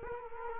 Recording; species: mosquito wingbeat signal from an infrared sensor; Culex quinquefasciatus